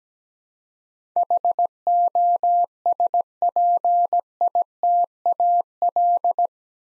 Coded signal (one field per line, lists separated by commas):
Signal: Morse code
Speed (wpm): 17 wpm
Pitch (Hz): 700 Hz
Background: none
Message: HOSPITAL